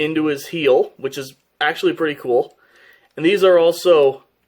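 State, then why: Not seated. Spring-loaded plastic landing gear is handled at the heel of a transforming toy jet robot while someone talks. The gear has not yet seated or clicked into place.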